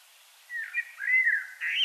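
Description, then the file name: Common blackbird, a single mellow whistled phrase with wavering notes and a rising final flourish over a steady background hiss. "Turdus merula"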